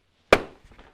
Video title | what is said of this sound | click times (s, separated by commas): Ford Transit - (2015 - 2019) Seat Cover Installation part 4: Armrest/Headrest Replacement | so you can see how it goes so this this guy goes straight up push it in gonna lock into | 0.3 s